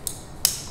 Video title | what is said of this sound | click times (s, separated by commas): Speedy's Garage Hellcat Fuel Injector Upgrade | no when you have it right to this lock into place there | 0.4 s